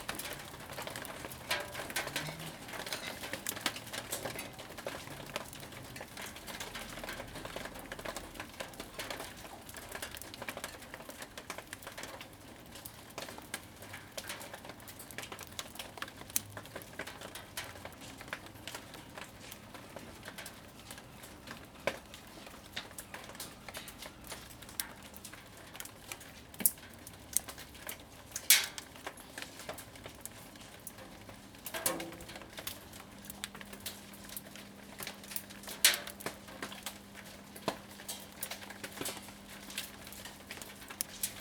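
Rain and hail fall in the backyard as a dense, steady patter of small ticks and taps, with sharper hard clicks standing out now and then, especially in the second half. From about 32 seconds a low steady hum joins in and continues to the end.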